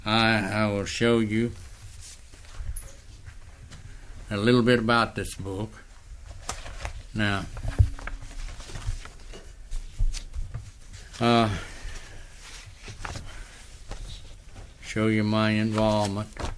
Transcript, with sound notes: I, I will show you a little bit about this book (Paper shuffling sounds) Now…show you my involvement.